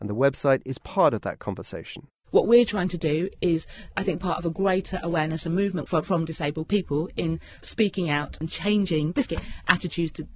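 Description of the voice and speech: Adult woman, 31, speaking fluently with Tourette syndrome vocal tics; the word "biscuit" is blurted out involuntarily mid-sentence. Tics began around age 6, were diagnosed in her 20s and are more severe now.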